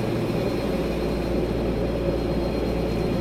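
A steady, unbroken drone of airplane engines fills the cabin, a dense low rumble with a hiss above it that holds an even loudness throughout, with no voices.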